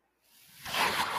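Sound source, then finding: Home mechanical ventilator. Mechanical ventilator breath cycle.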